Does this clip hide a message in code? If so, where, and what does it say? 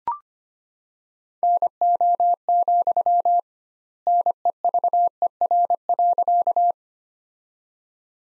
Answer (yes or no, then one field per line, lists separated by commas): yes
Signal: Morse code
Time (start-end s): 1.4-6.7 s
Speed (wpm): 25 wpm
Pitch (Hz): 700 Hz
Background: none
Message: NO, NEVER.